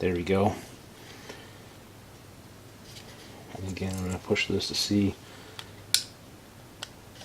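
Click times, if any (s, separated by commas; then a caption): 5.9 s. Someone talks while pushing an Apex Tactical Specialties trigger assembly part into a Glock G19/G17 pistol frame. A loud, sharp click comes at 5.9 s, with faint ticks around it. The part has clicked into place and no longer slides in and out freely.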